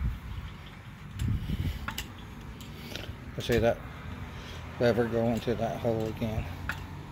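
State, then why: Not seated. A Craftsman mower jack lifting a Craftsman T260 mower is handled as its lever pin is lined up to go through a locking hole in the steel frame, while someone talks. A few short, sharp taps sound, most clearly around 1.9, 2.0 and 6.7 seconds, over a low background hum. The pin has not clicked or seated into the hole yet.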